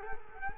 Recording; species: mosquito wingbeat signal from an infrared sensor; Culex quinquefasciatus